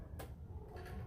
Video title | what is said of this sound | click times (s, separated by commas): Mindy's Monday Mayhem tips 4.12.21 | So you make sure that you hear that click at the back. I don't know if you heard that. Hear that click? | 0.2 s